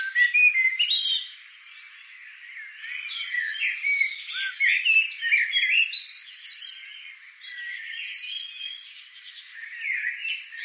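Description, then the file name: Eurasian blackbird song: continuous high, scratchy twittering mixed with a few lower whistled notes, in waves of varying loudness. "Turdus merula"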